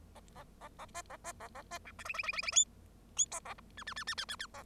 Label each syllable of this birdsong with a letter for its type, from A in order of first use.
A A A A B A B A A B C D E E E E E F F G A H I I I I I I I A